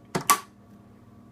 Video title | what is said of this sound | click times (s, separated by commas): Ninja Mega Kitchen System 1500 Blender Set - Unboxing, Use, and Review | oh click sounds good | 0.2 s, 0.3 s